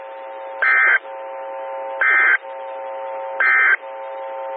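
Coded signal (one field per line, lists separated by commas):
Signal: Emergency Alert System (SAME) tones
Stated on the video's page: Morse ident of a 147.255 MHz SKYWARN repeater.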